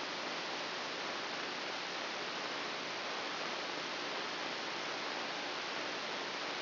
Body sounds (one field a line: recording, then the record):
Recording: brain microelectrode recording played as sound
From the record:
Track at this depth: inside the subthalamic nucleus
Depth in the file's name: 3.911 mm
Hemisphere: left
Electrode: 2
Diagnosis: Parkinson's disease